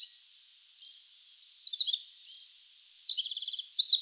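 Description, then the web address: Wren trilling: a high, rapid, jumbled run of thin notes and buzzy trills starting after a quiet moment, continuing to the end over steady hiss. Trills, in the wild in Hokkaido. "Google Sounds Sound Matters. Wren trills in wild hokkaido"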